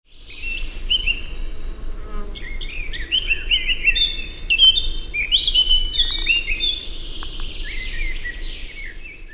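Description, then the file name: Eurasian blackcap song: a quick, varied warble of chattering and fluty notes, over a constant low background hum. "Sylvia atricapilla"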